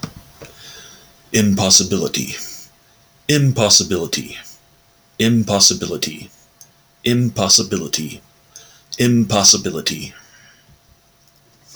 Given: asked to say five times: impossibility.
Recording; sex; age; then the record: repeated word; male; 30 to 39 years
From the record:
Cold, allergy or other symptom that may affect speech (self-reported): no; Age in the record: 35 years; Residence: Kentucky, United States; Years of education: 14